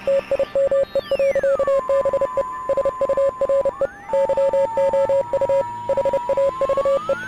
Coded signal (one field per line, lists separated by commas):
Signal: Morse code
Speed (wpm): 30 wpm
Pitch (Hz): 550 Hz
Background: music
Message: TIME. BE SURE YOU HAVE